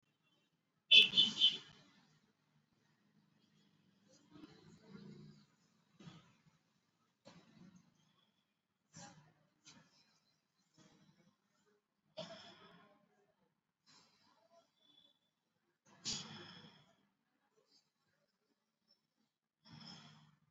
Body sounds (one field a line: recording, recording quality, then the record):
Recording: deep breathing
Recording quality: moderate, slight background noise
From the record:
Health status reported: exposed to COVID-19, no respiratory illness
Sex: male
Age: 40 years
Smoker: no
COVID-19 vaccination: both doses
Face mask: worn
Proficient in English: yes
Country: India